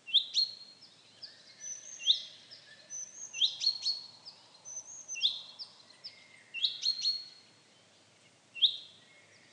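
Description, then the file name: Common chaffinch calling with crisp, high notes repeated every few seconds. "Fringilla coelebs"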